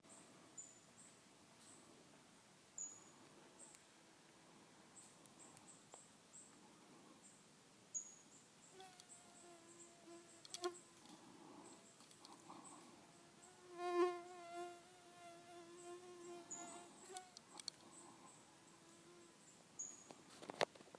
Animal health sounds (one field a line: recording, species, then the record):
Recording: mosquito flight sound by mobile phone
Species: Aedes sierrensis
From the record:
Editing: field recording with all noises